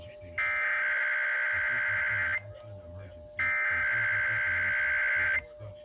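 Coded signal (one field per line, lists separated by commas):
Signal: Emergency Alert System (SAME) tones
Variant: header bursts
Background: speech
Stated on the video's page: Arizona required monthly test.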